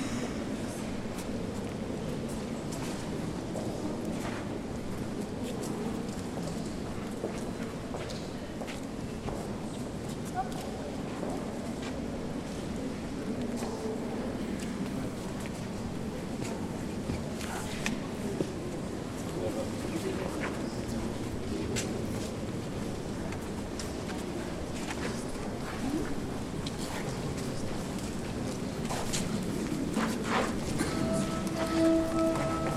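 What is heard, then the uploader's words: Murmuring crowd ambience inside a large cathedral, a steady low wash of voices and footsteps echoing through the space. Scattered clicks and knocks come and go throughout, and near the end a few sustained organ-like tones sound faintly above the hubbub. General atmosphere recorded in the Notre Dame in Paris. The organist is apparently practicing but even that makes a nice atmosphere.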